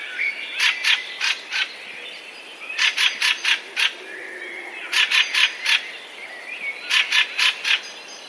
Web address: wroblowe kolekcja turdus pilaris